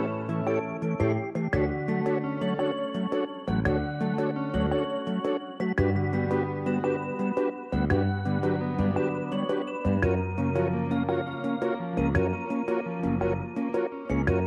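A soundtrack piece plays steadily, with full, layered chords over a deep bass line that shifts to a new note roughly every two seconds. Crisp struck notes ring out above, keeping an even pulse while the loudness stays level throughout.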